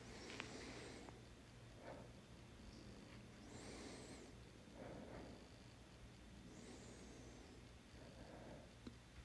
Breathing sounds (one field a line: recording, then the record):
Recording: deep breathing after running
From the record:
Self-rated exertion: light exertion (2 of 6)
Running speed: 7 miles an hour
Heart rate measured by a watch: 83 beats a minute at the start, 79 at the end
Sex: male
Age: 27 years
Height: 185 cm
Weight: 76 kg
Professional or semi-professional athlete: no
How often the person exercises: over 5 times a week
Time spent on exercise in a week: over 5 hours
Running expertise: no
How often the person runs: over 5 times a week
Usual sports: running, weight training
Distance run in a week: 65 km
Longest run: 42 km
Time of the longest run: 214 minutes